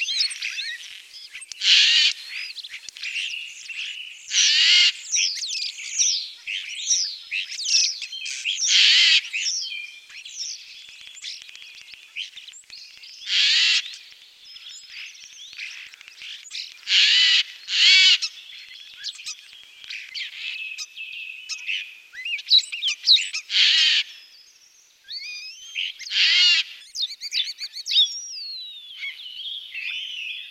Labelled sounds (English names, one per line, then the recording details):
Eurasian Jay song
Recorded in the wild
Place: Oberrotweil am Kaiserstuhl, Baden-Württemberg, DE
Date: 1985-03-30
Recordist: Schwarz, Dieter